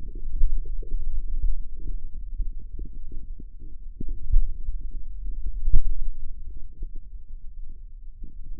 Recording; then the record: forearm muscle sounds (acoustic myography)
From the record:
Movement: pen grasping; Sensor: system 2, bracelet of six BSWA MPA416 microphones around the upper forearm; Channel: 6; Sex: male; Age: 22 years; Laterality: right